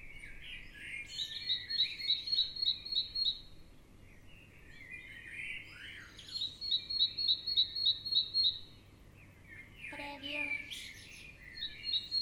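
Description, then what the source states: Birds singing: bouts of rapid, evenly repeated high chirps, several a second, alternating with softer warbling and a brief lower rattling call near the end. Morning ambience of birds.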